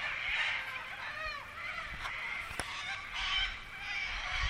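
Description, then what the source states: Corellas in a continuous noisy chorus, many rough screeching calls layered together. Several corellas recorded in the Pilbara, Australia.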